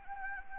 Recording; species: mosquito wingbeat signal from an infrared sensor; Anopheles gambiae